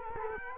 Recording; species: mosquito wingbeat signal from an infrared sensor; Culex quinquefasciatus